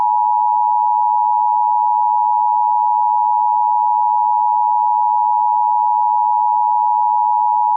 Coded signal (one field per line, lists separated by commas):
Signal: Emergency Alert System (SAME) tones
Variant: 853 and 960 Hz attention tone